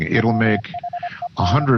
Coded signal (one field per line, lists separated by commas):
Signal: Morse code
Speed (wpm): 26 wpm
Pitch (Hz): 700 Hz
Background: speech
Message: WHEN